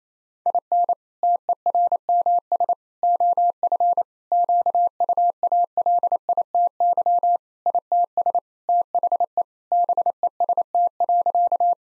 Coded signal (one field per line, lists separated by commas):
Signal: Morse code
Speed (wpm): 28 wpm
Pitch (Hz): 700 Hz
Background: none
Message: IN TERMS OF QUALITY ITS THE BEST.